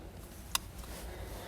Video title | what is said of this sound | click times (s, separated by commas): etrailer - Redarc Tow-Pro Elite Trailer Brake Controller Installation - 2015 Toyota 4Runner | only goes in one way you hear it click when it's locked into place | 0.6 s